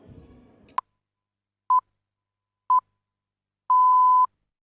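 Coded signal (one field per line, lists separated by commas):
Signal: radio time signal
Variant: BBC pips (Greenwich Time Signal)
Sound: short 1 kHz pips a second apart, then a half-second long pip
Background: low rumble before pips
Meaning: The start of the final long pip marks the exact hour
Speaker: 1924 മുതൽ 1990 വരെ ബിബിസി റേഡിയോ ഈ ശബ്ദം പ്രക്ഷേപണം ചെയ്തു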